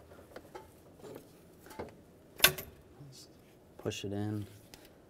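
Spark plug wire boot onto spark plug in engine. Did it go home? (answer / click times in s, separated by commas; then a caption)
no / none. A rubber spark plug wire boot is being pushed down over the spark plug terminal in the engine of a 2007-2013 Chevrolet Silverado while someone talks. Faint handling taps and rustles are heard, with a sharper knock at about 2.4 s. Nothing has seated or clicked yet.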